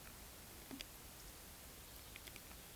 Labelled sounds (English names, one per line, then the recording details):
Eurasian Woodcock whistle
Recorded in Baden-Württemberg, Germany, on 11 June 2021 at 20:09 UTC
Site 24606, 635 m above sea level